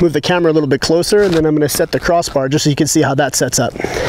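A Big Agnes Copper Spur MTN GLO UL 1 tent's crossbar pole is being handled while someone talks, about to have its end fitted into the ball-and-cup socket on the pole hub of the main pole frame. Nothing has seated or clicked yet.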